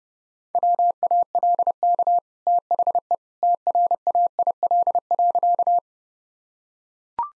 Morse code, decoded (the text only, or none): WALK THE TRAIL.